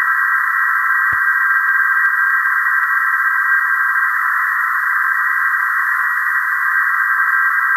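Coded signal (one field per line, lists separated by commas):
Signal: PSK31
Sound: band-limited hiss with several faint, thin warbling tones steady throughout, one click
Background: radio static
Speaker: the audio you hear may be mixed so the Anand will be in the right ear predominantly and the Flex predominantly in the left ear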